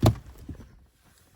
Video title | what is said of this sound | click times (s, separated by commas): How To Remove Automatic Gear Knob In Your BMW? (E60, E90, E70) | until it clicks like this | 0.1 s